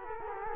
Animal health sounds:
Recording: mosquito wingbeat signal from an infrared sensor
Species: Culex quinquefasciatus

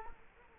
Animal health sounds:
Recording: mosquito wingbeat signal from an infrared sensor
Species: Culex quinquefasciatus

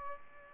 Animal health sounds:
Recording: mosquito wingbeat signal from an infrared sensor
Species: Aedes aegypti

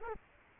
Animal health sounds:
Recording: mosquito wingbeat signal from an infrared sensor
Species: Culex quinquefasciatus

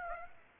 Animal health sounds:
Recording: mosquito wingbeat signal from an infrared sensor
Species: Aedes aegypti

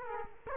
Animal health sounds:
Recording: mosquito wingbeat signal from an infrared sensor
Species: Culex quinquefasciatus

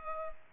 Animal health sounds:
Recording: mosquito wingbeat signal from an infrared sensor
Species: Culex pipiens

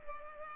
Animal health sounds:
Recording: mosquito wingbeat signal from an infrared sensor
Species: Culex pipiens

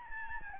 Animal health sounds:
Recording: mosquito wingbeat signal from an infrared sensor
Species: Aedes albopictus

